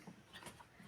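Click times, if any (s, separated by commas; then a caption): none. A metal bulb retaining clip is being hooked back into place in a headlight housing, producing soft, low handling rustles and faint scraping over about a second. Nothing has seated or clicked yet.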